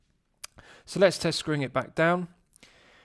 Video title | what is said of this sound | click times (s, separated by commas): Invicta Pro Diver 8926OB vs Rolex Submariner Date 16610 4K Watch Review | pushing it back in it's got a nice positive click and that restarts the movement the second hand begins to sweep around the D once again | 0.4 s